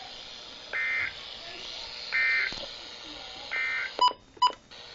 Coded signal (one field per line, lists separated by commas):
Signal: Emergency Alert System (SAME) tones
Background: speech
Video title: EAS 7-8 Severe Thunderstorm Warnings